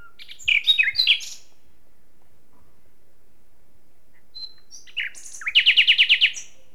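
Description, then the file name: Common nightingale song: a jumbled burst of sharp notes, silence, then a high phrase leading into a quick run of loud repeated notes. "Luscinia megarhynchos"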